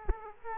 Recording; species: mosquito wingbeat signal from an infrared sensor; Aedes aegypti